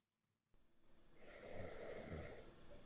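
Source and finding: Sleeping woman. Snoring.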